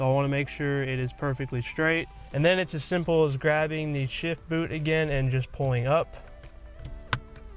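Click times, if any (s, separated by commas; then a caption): 7.1 s. On a 150,000-mile Lexus GS350, the leather shift boot surround is pulled up and pressed into the center console trim opening while someone talks over background music. A sharp snap at 7.1 s marks the shift boot trim ring locking into the center console.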